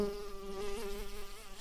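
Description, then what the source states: Common carder bee buzzing, a steady low hum with many stacked overtones that wavers slightly in pitch and swells briefly near the middle. Worker bees.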